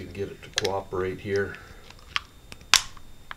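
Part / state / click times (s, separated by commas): pistol slide onto frame / seated / 2.7 s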